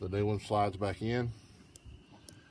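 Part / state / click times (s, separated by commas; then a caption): CV axle inner joint into transmission / seated / 1.8 s, 2.3 s. On a 2006 Dodge Grand Caravan, the inner end of a new passenger-side CV axle is slid into the transmission until its retaining spring clip snaps into place. Someone talks for the first second and a half, then two sharp clicks come at 1.8 s and 2.3 s as the axle seats.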